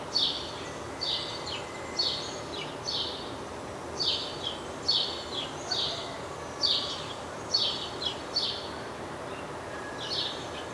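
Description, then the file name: House sparrow giving a run of rough chirps, roughly one per second with uneven gaps, about a dozen notes over constant background hiss. "Passer domesticus"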